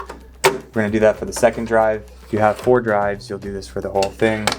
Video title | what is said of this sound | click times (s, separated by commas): Synology DS 923+ - What To Expect Before Buying | in here and you will wait till it clicks so I made a nice sound | 0.4 s